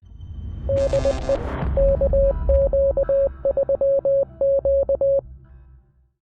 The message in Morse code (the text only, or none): DE KQ3Q